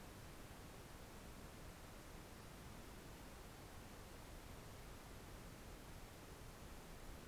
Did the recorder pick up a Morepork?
no